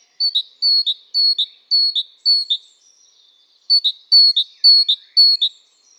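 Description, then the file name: Great tit song: bright two-note phrases repeated in quick series, a pause, then another run of the same ringing alternating notes. "Parus major"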